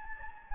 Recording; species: mosquito wingbeat signal from an infrared sensor; Anopheles gambiae